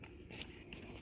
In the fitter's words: to align everything all the teeth all the locking places and just click into place